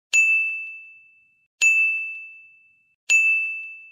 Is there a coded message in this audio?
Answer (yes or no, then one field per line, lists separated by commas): no